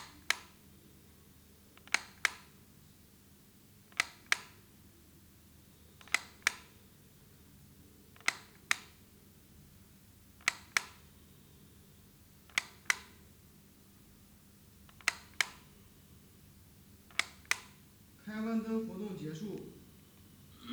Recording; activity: daily activity, guitar pickup as the sensor; operate light